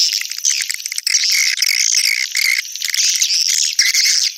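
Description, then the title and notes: Swiftlet chatter, continuous high buzzy chirping with repeated drawn-out twitter phrases. Used in swiftlet farming, Asia. "Swiflet Bird Sound. Farming Swiflet Bird asia sound"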